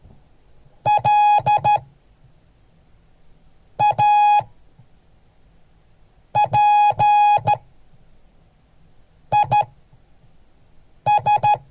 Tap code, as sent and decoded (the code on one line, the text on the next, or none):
none